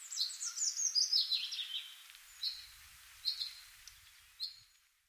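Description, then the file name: Common chaffinch with a quick descending run of bright notes for two seconds, then three separate sharp chirps about a second apart, over a faint background hiss. "Fringilla coelebs"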